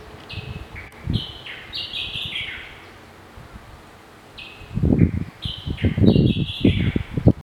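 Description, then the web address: Bird calling with descending stepped high notes in short series, over low rustling and thumping noises that grow louder in the second half. Recorded in Ezo (Hokkaido), Japan. "yubeotsu bird ezo"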